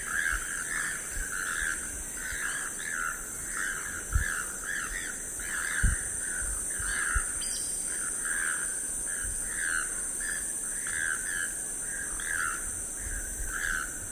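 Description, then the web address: Choco toucan giving rough croaking calls in a loose, uneven series, nearly one per second, over steady insect buzz and a few low thumps. "sound choco-toucan. صدای-پرنده-توکان-چوکو"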